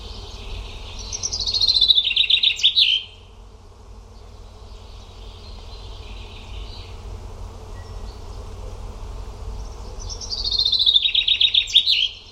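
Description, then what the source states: Bird song: two matching fast trilled phrases well apart, each dropping slightly in pitch and ending abruptly, with low hum underneath. Only bird sounds in the recording.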